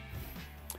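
The small metal locking arm on a Western Sidewinder Compact full/semi-auto PCP airgun is swung over and up into place after the power wheel is pushed in and let relax, a motion that takes a bit of feel. A sharp, short click sounds at 0.7 s as the locking arm snaps home and seats.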